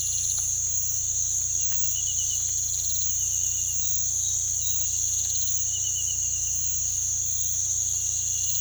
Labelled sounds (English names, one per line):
none